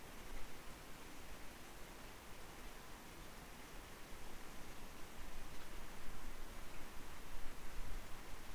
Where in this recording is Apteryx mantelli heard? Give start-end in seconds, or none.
none